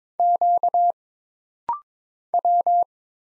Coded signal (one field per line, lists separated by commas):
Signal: Morse code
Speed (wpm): 22 wpm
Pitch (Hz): 700 Hz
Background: none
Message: Q W